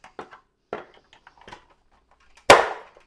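A plastic piece with a large clasp and a small clasp is fitted onto the second side of a litter box housing. Several light taps and knocks come before a loud, sharp snap at 2.5 s. The snap confirms the clasp is seated.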